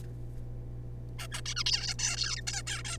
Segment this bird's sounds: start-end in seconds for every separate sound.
1.19-1.27, 1.32-1.41, 1.46-1.54, 1.56-1.64, 1.66-1.96, 1.99-2.44, 2.47-2.62, 2.67-2.82, 2.85-2.98